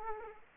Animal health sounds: mosquito wingbeat signal from an infrared sensor; Aedes aegypti

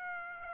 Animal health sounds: mosquito wingbeat signal from an infrared sensor; Aedes aegypti

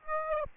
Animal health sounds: mosquito wingbeat signal from an infrared sensor; Aedes aegypti

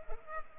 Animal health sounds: mosquito wingbeat signal from an infrared sensor; Culex pipiens

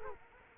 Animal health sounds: mosquito wingbeat signal from an infrared sensor; Culex quinquefasciatus

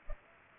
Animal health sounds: mosquito wingbeat signal from an infrared sensor; Culex pipiens

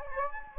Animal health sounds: mosquito wingbeat signal from an infrared sensor; Anopheles gambiae

